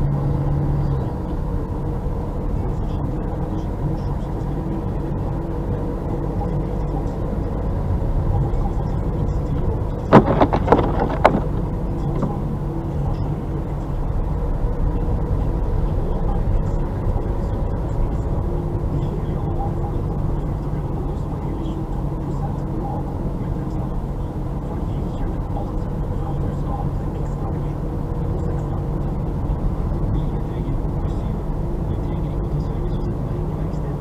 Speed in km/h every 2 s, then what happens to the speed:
36, 36, 38, 39, 39, 39, 38, 38, 39, 40, 38, 36, 36, 37, 39, 40, 41.
0-34 steady at about 38.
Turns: none.